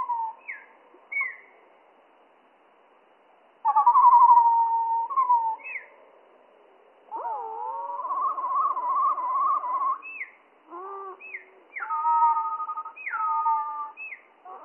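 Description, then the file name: Slowed spotted flycatcher singing in bursts: short hooked whistles, a warbling phrase, a long quavering buzzy stretch, then repeated sliding notes, separated by brief pauses. Slowed down three octaves; mono. "GOBE MOUCHE GRIS MOINS TROIS OCTAVES MONO"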